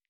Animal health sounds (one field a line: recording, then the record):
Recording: hydrophone in a shrimp aquaculture tank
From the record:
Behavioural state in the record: stressed